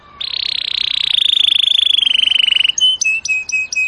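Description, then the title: Canary song opening with a long rolling buzzy trill that slowly drops in pitch, followed by a few separate chirped notes. Domestic canary singing in cengkok song style. "Cengkok Kenari Mewah. MASTERAN KENARI CENGKOK mewah"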